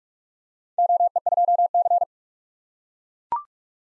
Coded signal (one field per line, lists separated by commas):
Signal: Morse code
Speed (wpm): 44 wpm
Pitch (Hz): 700 Hz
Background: none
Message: OE2C